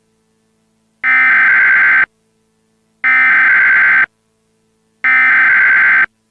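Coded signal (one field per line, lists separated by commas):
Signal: Emergency Alert System (SAME) tones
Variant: header bursts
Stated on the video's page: Simulated EAS mock alert using the AT&T Mike synthetic voice, with a VHS effect.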